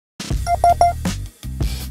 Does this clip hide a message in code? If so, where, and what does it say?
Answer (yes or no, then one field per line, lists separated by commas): no